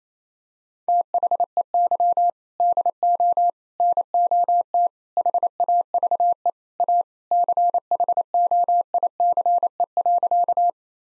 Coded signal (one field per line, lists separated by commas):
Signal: Morse code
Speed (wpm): 27 wpm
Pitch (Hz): 700 Hz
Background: none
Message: THEY DO NOT HAVE A CHOICE.